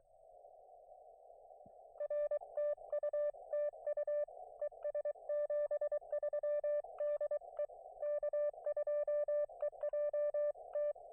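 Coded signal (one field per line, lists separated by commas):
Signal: Morse code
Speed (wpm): 23 wpm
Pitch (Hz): 590 Hz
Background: none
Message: R TU TU ES 73 DE K2EJT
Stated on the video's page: Morse from an unplanned POTA park activation with mediocre band conditions.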